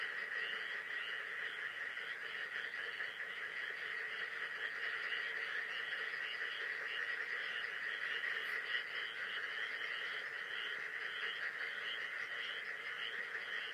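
Frog chorus, a dense continuous din of many overlapping callers, steady throughout.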